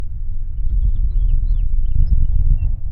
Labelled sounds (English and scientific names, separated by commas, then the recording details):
House Finch (Haemorhous mexicanus) song
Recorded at Babylon on Long Island, New York, on 21 May 1975
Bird A